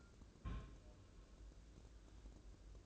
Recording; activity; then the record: daily activity, microphone in the room; place on stove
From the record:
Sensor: 2